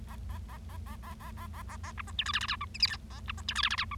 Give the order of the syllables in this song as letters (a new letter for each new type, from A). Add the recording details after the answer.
A A A A A A A A A A A B C D E F F G H I J K A B C D E F F G H. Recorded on 25 March 2012 at 09:34. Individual gy6or6